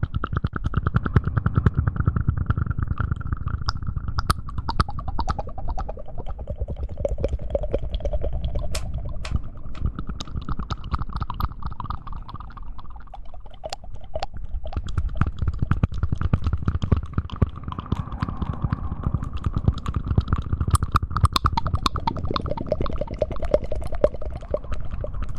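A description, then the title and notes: Mouth sounds for ASMR: a dense stream of small wet clicks and smacks runs throughout, with a low soft rumble underneath. The activity eases briefly around the middle, near thirteen seconds, then returns to the same busy, irregular texture. ASMR Mouth Sounds.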